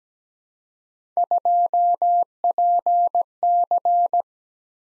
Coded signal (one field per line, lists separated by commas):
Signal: Morse code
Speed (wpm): 17 wpm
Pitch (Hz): 700 Hz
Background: none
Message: 2PC